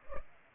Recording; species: mosquito wingbeat signal from an infrared sensor; Culex pipiens